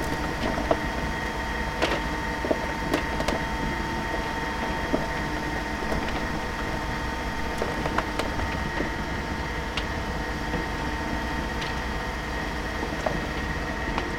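A tow truck idles with a steady low engine rumble and a constant mechanical whine running through the whole stretch. Short clicks and metallic clanks break in irregularly, a few every couple of seconds, as the truck's equipment is worked.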